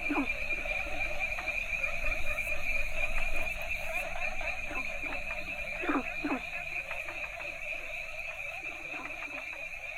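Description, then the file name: Frogs calling in a busy chorus: quick downward-sweeping croaks repeated irregularly, several louder bursts, above a steady high trill and low rumble. Several frog species calling together in Asia; chorus soundscape. "asian frogs variety"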